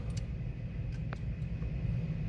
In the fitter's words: Again, you want to hear an audible snap as these push in.